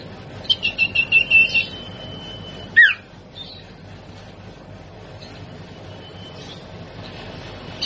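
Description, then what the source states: Sirtu song: a quick series of six high, bright chipping notes over a thin steady whistle, then one sharp downslurred note, followed by quiet background hiss. Masteran training song for cage birds, with the full variety of sirtu song variations.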